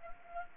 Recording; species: mosquito wingbeat signal from an infrared sensor; Anopheles gambiae